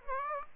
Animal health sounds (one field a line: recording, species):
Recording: mosquito wingbeat signal from an infrared sensor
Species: Aedes aegypti